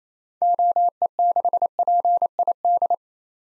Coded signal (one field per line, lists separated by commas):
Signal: Morse code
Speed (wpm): 29 wpm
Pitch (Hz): 700 Hz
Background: none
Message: OE6PID